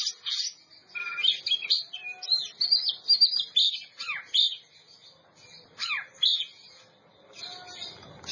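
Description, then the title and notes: Oriental magpie-robin song made of bursts of bright whistles and downslurred notes with short silences between phrases. Champion singing bird. "Kicau Burung Kacer Juara. Suara Kicauan Burung Kacer Juara"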